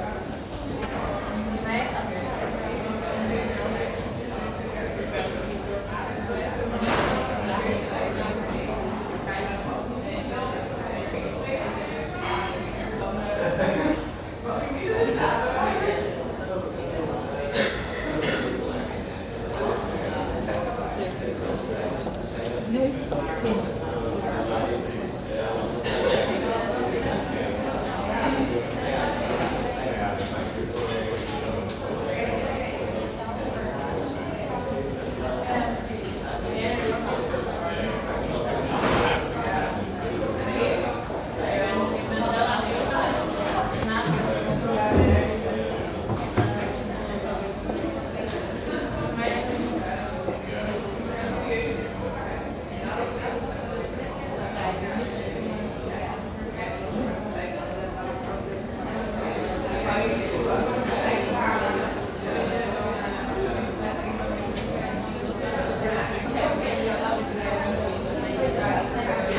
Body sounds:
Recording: background sound without coughing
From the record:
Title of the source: 40 min - Ambience sounds UNIVERSITY lunchroom chatting

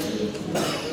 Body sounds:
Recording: coughing mixed with background sound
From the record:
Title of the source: Cough Around the Clock!

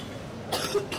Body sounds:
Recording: coughing mixed with background sound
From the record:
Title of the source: 30 Chesty and wet cough

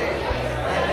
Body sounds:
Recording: background sound without coughing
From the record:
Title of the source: CITY SOUNDS Busy Bar in the Evening Night - 2 HOURS of Ambiance for Relaxation

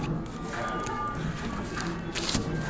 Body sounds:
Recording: background sound without coughing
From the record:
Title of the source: 60 minutes of coffee shop sounds for study and concentration

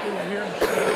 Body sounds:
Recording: coughing mixed with background sound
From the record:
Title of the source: 31 night wet cough

